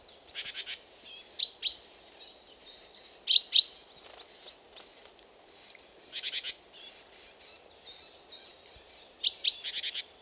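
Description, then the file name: Great tit calls: a busy mix of quick chirps, rasping bursts and brief whistled notes, arriving in uneven groups over a steady low background hum. "Parus major"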